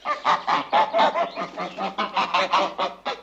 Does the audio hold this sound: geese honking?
yes